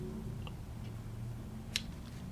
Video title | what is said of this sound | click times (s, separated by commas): Worst Revolver Ever Made? Charter Arms Pit Bull .380 ACP Revolver - It Drew Blood - TWICE! | but they do snap into place. | 1.8 s